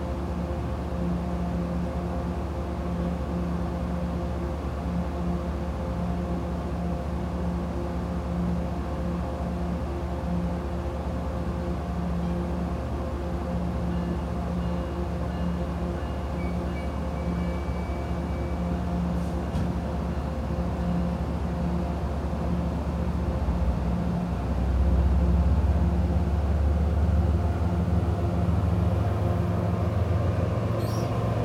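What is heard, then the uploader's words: A commuter rail train idles with a steady, heavy rumble and a constant low hum layered with droning engine tones. A faint squeal comes in around sixteen seconds, and after twenty-four seconds the deep rumble swells louder, as if the engine is powering up. MBTA Commuter Rail Train Arrival and Departure in Franklin, MA.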